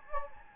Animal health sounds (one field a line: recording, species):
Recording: mosquito wingbeat signal from an infrared sensor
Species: Anopheles gambiae